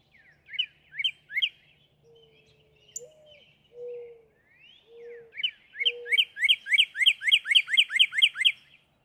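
Northern cardinal song: a few slurred whistles and several low steady whistles, then a long fast run of clear slurred whistles, several a second.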